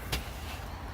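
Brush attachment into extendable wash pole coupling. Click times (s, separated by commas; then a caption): 0.1 s. A plastic click-to-clean brush attachment is pushed down onto an extendable wash-system pole until its spring button pops through and locks. One faint, short click is heard at 0.1 s over a steady low background hum, and the brush is locked into place on the pole coupling.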